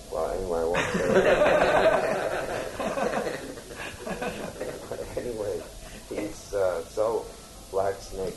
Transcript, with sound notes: Well, anyway, I won't say... [laughter] Anyway. He's so black snake.